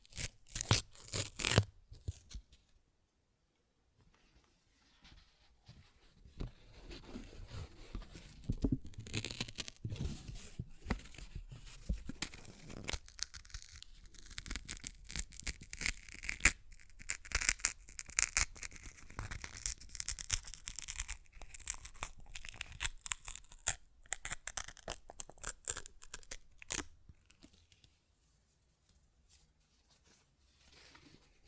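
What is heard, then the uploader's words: Paper is ripped and torn in a long run of crackling, scratchy strokes that fill most of the clip, dense and irregular, with brighter rips peaking around ten and seventeen seconds. A few sharp snaps open it, then it quiets briefly, and the tearing stops near twenty-seven seconds. ASMR Paper Ripping Tearing Sounds (No Talking).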